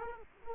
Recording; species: mosquito wingbeat signal from an infrared sensor; Culex quinquefasciatus